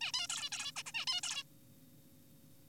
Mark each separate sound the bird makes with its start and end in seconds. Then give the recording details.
0.01-0.12, 0.14-0.28, 0.30-0.49, 0.52-0.72, 0.76-0.83, 0.86-0.92, 0.94-1.05, 1.07-1.21, 1.23-1.43. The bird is an adult. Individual g4p5U